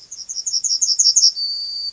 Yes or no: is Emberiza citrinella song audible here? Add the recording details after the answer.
yes. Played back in grassland. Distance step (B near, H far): B. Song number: 029